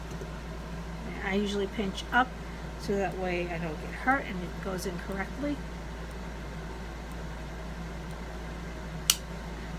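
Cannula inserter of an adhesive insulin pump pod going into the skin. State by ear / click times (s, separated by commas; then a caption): seated / 9.1 s. Someone talks while pinching up the skin where an adhesive Omnipod insulin pump pod is stuck, then the pod's spring inserter fires and drives the soft cannula into the skin. A single sharp click is heard at 9.1 s, and the cannula is seated.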